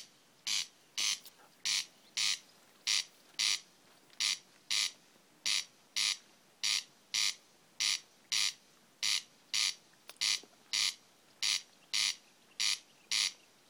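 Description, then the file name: Corn crake's scratchy two-part rasps repeated rhythmically in a long, steady series, with faint background hiss behind the calls. Recorded 30 June 2011. "Åkerrikse 300611"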